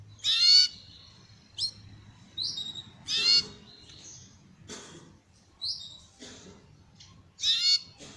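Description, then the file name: Belgian canary giving loud ringing note bursts every few seconds, separated by short slurs and softer notes. Copper-coloured Belgian canary. "canto do canario belga cobre"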